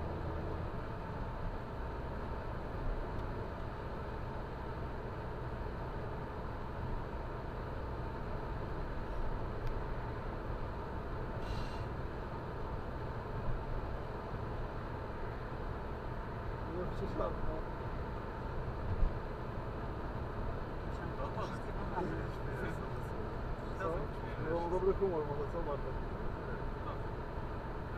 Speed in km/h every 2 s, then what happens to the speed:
88, 90, 90, 90, 90, 90, 90, 90, 89, 89, 90, 90, 90, 89.
0-28 steady at about 90.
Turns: none.